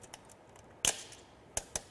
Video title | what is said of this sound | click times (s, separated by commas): Most Popular Lighting Techniques(人像棚拍与外拍摄影布光技巧教程)lesson06 | And we're just going to snap this right into here, | 0.8 s